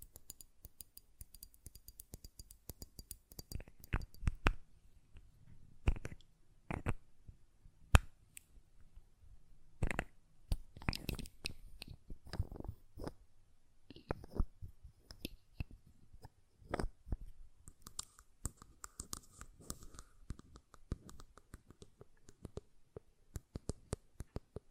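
Sharp taps and clicks on a glass perfume bottle, with lid sounds, come in irregular bursts, sometimes single knocks and sometimes quick clusters. Between hits there is near silence. Around 20 seconds a brief bright ringing tone sits under the tapping.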